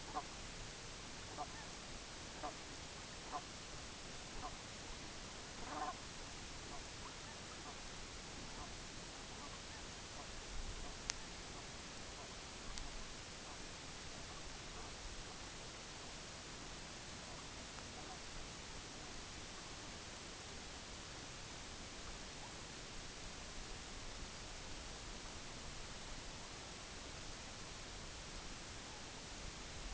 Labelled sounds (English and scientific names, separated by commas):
Brent Goose (Branta bernicla), unidentified sound